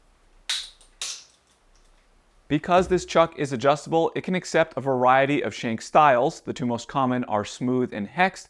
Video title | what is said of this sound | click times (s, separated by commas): I don’t get why no one knows what these numbers mean | meaning once you get it centered and locked in the final tightening can be done by hand and you want to hear that clicking noise | 0.5 s, 1.0 s